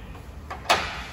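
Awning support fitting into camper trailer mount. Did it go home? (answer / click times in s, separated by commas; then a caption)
yes / 0.5 s, 0.7 s. An awning support fitting is pushed onto a camper trailer mount and snaps home with a short double clack, a lighter click at 0.5 s followed by a louder, sharper one at 0.7 s that rings briefly. The fitting is locked into place.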